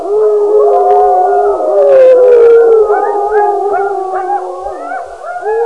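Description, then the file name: Wolf howls from several animals at once. The long wavering tones rise and fall, with short yelping inflections breaking in toward the end. Several wolves. "wilki"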